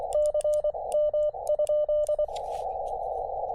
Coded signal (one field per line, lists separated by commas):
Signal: Morse code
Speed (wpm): 24 wpm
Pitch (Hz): 600 Hz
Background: radio noise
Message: CM?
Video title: SOTA/POTA at Sugar Hill State Forest